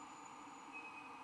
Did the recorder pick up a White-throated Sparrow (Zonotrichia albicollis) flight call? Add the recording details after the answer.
no. No flight call is heard. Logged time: 11:24 on 15 December 2014